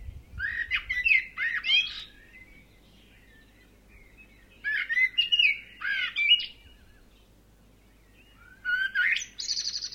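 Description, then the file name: Birds chirping in three lively bursts of high twittering, warbled notes separated by pauses, ending with a sharp buzzy chirp. Several birds, some distant and some close. "Birds chirping distant and up-close"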